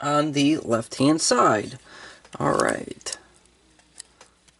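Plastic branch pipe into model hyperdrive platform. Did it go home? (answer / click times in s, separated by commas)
no / none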